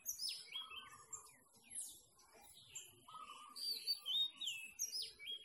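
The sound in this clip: Birds: bird chorus of thin descending whistles and chirps, with a short lower warbling phrase heard twice, against constant high hiss.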